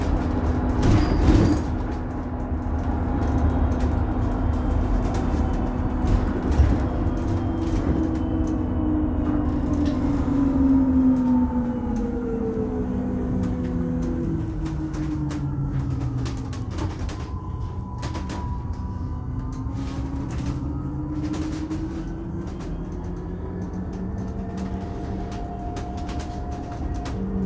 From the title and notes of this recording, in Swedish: Lyssna in Min Bussresa - Lunchtid klockan 11:29.